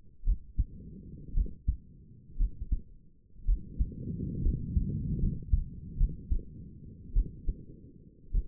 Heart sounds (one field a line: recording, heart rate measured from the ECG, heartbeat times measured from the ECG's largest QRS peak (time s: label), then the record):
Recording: heart sounds by stethoscope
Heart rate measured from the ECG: 59 bpm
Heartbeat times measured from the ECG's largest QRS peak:
0.24 s: heartbeat
1.34 s: heartbeat
2.37 s: heartbeat
3.46 s: heartbeat
4.43 s: heartbeat
5.20 s: heartbeat
5.98 s: heartbeat
7.14 s: heartbeat
8.32 s: heartbeat
From the record:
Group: healthy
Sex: female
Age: 28 years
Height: 170 cm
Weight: 77 kg